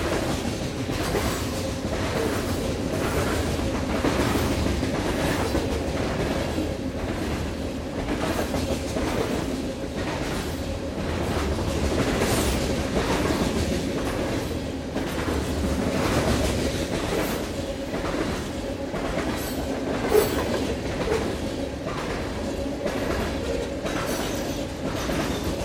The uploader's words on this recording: A long freight train recorded in Columbia Hills State Park, Washington, right on the Columbia Gorge. The trains here are frequent, long, running at full speed, and easily accessible to recording. ORTF: Røde nt5 pair recorder: SD702. Freight train - Columbia Hills State Park.